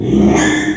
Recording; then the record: squeal of a Yucatan mini pig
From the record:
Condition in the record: after surgery on the right vocal fold (resection and tissue-engineered implant); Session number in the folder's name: 3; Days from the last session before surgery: 33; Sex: male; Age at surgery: 12 weeks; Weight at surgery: 13 kg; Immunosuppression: cyclosporine, prednisolone